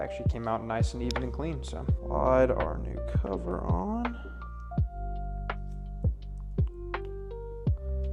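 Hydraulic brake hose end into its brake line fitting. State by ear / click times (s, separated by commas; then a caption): not seated / none. Someone talks over background music while a new cover is slid onto the freshly cut front brake hose of a Talaria XxX e-bike, ready for the hose end to be pushed by hand into its brake line fitting. Short, sharp taps land at about 5.5, 6.0, 6.6, 6.9 and 7.7 seconds. The hose end has not seated or clicked into the fitting yet.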